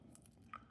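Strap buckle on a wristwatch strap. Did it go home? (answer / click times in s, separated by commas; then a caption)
released / 0.5 s. A stainless steel buckle on the resin strap of a G-Shock G-Steel GBM2100-1A wristwatch is opened. Three short clicks are heard at about 0.2, 0.3 and 0.5 seconds, and the loudest comes last, at 0.5 seconds. The buckle is released and the strap unfastened.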